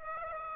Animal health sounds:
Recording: mosquito wingbeat signal from an infrared sensor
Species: Aedes aegypti

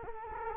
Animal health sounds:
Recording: mosquito wingbeat signal from an infrared sensor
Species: Culex quinquefasciatus

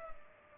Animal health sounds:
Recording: mosquito wingbeat signal from an infrared sensor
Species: Culex pipiens

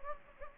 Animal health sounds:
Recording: mosquito wingbeat signal from an infrared sensor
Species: Anopheles gambiae

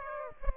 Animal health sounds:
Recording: mosquito wingbeat signal from an infrared sensor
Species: Aedes aegypti

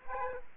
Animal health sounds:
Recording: mosquito wingbeat signal from an infrared sensor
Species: Aedes aegypti

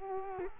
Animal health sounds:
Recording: mosquito wingbeat signal from an infrared sensor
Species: Culex quinquefasciatus

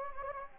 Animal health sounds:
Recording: mosquito wingbeat signal from an infrared sensor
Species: Anopheles gambiae

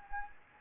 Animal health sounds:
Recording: mosquito wingbeat signal from an infrared sensor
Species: Anopheles gambiae

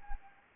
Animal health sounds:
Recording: mosquito wingbeat signal from an infrared sensor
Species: Anopheles gambiae

